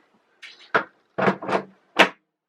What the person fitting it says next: there we go did you hear it click i'm sure you heard it click